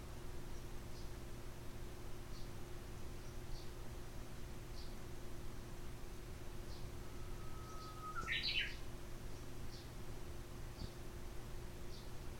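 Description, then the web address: Japanese bush warbler singing one phrase: a drawn-out plain whistle followed by a brief tumbling, ringing burst of higher notes, while soft chips tick in the background over a low steady hum. "lovepostpet uguisu"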